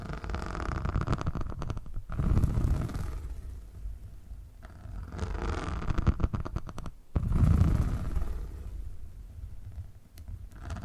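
Low, rumbling purring triggers with a rough, crackly texture, swelling in bursts near two, five and seven seconds, with quieter stretches between. A faint steady hum runs underneath, and a few sharp clicks break through toward the end.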